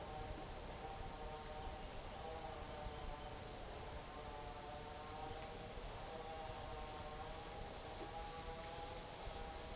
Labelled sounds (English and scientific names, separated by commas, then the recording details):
none
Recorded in secondary vegetation near Puerto Asís, Putumayo, Colombia, on 12 March 2025 at 12:00
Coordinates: 0.488, -76.319
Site G095